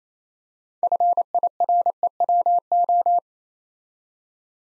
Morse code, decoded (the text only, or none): FIREWO